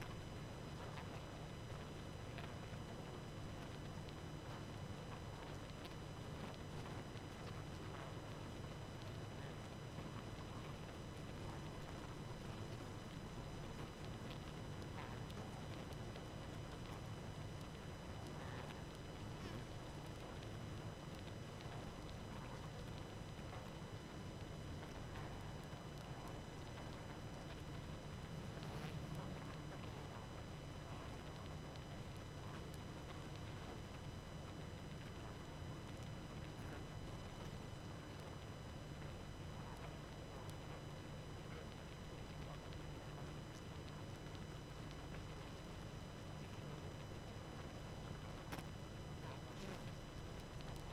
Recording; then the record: honeybee colony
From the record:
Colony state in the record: active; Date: 12 June 2018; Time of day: 23:47